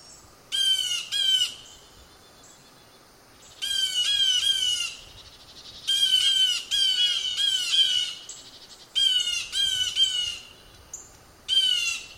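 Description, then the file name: Blue jay giving harsh jay calls in pairs or short runs, each note slightly falling. "blue jay example 2 by russ wigh"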